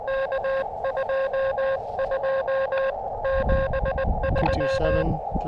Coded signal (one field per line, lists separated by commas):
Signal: Morse code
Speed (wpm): 20 wpm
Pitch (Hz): 540 Hz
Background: radio noise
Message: K2273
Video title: Activating Chenango Valley State Park: CW POTA @ K-2032 using the Elecraft KX2 and AX1 antenna.